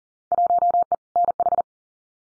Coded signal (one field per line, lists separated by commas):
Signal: Morse code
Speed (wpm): 40 wpm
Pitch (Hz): 700 Hz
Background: none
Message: 1E NH